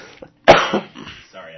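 One sharp cough with an explosive start and a short, rough, fading tail, framed by faint room noise and a brief throat sound. It is a single cough from an adult man with asthma, which triggers every once in a while.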